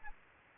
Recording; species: mosquito wingbeat signal from an infrared sensor; Aedes albopictus